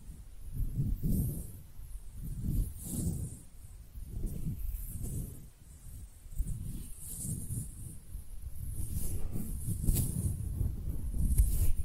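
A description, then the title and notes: Hands rubbing and brushing together in a slow, steady rhythm, each pass a soft low swish rising and falling roughly once a second. A faint thin hiss sits high above throughout, and the strokes grow slightly denser and louder toward the end. ASMR Relaxing Hand Sounds (No Talking).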